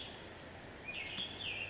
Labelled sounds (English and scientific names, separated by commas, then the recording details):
Western Tanager (Piranga ludoviciana)
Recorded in Sonoma County, California